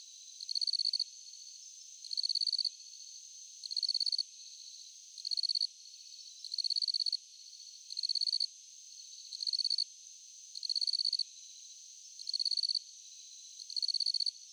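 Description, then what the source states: Crickets chirping steadily, short bursts of rapid pulses repeating about every one and a half seconds, with a constant high hum beneath. Crickets at night.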